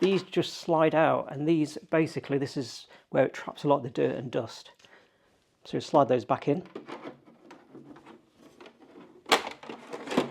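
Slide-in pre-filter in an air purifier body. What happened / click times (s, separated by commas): Filter slid in by hand, not yet seated / none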